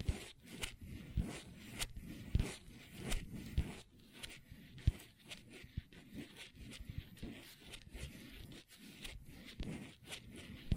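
Long nails tap and scratch on a table, a busy run of sharp clicks and short raspy scrapes with no steady rhythm, several per second across the whole stretch. Some taps land harder and brighter than others, and quick zipper-like strokes drag between them.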